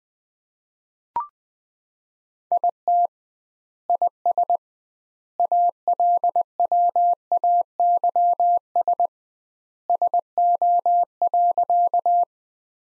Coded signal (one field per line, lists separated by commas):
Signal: Morse code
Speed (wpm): 20 wpm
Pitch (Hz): 700 Hz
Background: none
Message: IT IS ALWAYS SO.